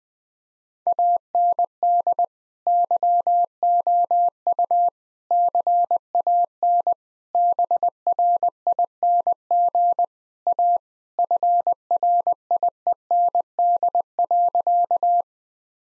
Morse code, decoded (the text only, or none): AND YOU CAN BRING A FRIEND.